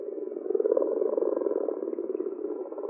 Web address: Common or Grass Frog